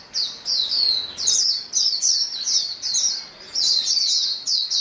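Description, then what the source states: White-eyes singing together: bright, high-pitched twittered bursts following one another with short gaps. Chorus of many white-eyes singing together.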